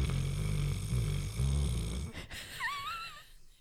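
A big, deep, rumbling, fluttering snore from a dog fills the first two seconds, with loud low pulses recurring every half second or so, followed by a brief high wavering squeak. The microphone is about two millimetres from the dog's nose, yet he stays in deep sleep without opening his eyes or flinching.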